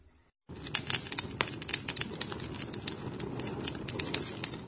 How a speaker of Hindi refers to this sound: ऐसा लग रहा है ना जैसे कोई आग जला रहा हो। जापानी भाषा में किसी चीज के जलने की आवाज बताने वाला शब्द है पाची पाची।